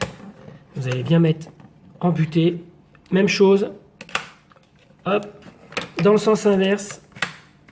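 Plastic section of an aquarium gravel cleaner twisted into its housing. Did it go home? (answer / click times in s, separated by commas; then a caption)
yes / 7.2 s. A plastic section of a battery-powered aquarium gravel cleaner is pushed fully home into its housing and then twisted the other way to lock it while someone talks. A sharp plastic click at 7.2 s shows that the twist-lock part has seated in place.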